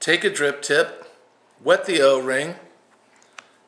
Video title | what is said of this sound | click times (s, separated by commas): DVCT Dual Coil Vertical Tank How To Fill - A Quick Tutorial | down until I feel that it snapped into place now | 3.4 s